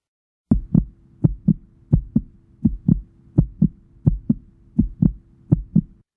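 Steady paired low thumps, lub-dub, repeat at about 85 beats a minute with an even rhythm and a faint hum underneath. It is a quick heartbeat.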